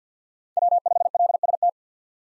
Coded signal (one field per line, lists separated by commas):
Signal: Morse code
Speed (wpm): 50 wpm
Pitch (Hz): 700 Hz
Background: none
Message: W5LST